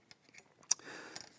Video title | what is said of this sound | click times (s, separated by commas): Basic Care and Maintenance for Valved Brass Pt 1 of 4 (Oiling Piston Valves) | so i've locked that back into place | 0.7 s